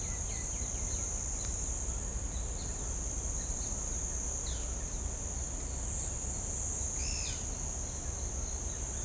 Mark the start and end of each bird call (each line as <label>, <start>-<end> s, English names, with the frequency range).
Pale-tipped Inezia (1.9-3.7 kHz), 0.00-1.18 s
Pale-eyed Pygmy Tyrant (2.1-5.6 kHz), 6.94-7.35 s